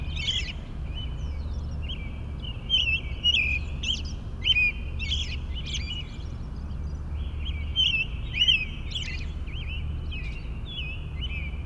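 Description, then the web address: Birds in a morning chorus: many short chirps, trills and twittering notes, with a steady low background rumble throughout. Morning chorus in a suburban park. "boom library Urban and Suburban. Suburban park morning bird chorus"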